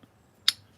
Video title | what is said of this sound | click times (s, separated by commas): Watch us struggle with motor mounts on our 2003 Honda Pilot! | it locks in place. | 0.5 s